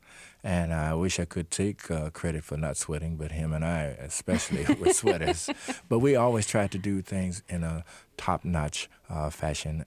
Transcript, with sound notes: And I wish I could take credit for not sweating, but him and I especially were sweaters.
(Laughter).
But we always tried to do things in a top-notch fashion.